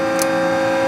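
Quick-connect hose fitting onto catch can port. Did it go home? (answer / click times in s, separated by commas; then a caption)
yes / 0.2 s. A PCV hose push-to-connect quick-connect fitting is pushed onto the top port of a UPR oil catch can, making a short, sharp click at 0.2 s over a steady tonal hum. The click shows the fitting is seated and on.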